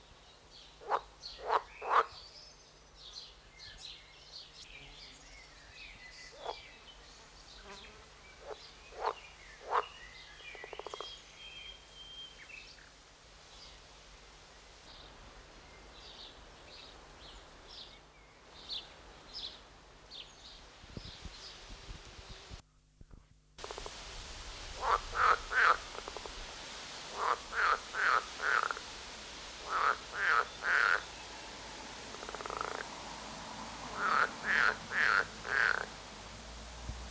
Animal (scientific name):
Pelophylax esculentus